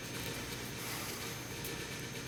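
A stainless steel accelerator pedal cover for MKV and MKVI Golf, Jetta and Passat is handled while being pressed onto the plastic pedal, front clips first and the back last. Only a steady broadband hiss is heard, with no sharp hits. Nothing has seated or clicked yet.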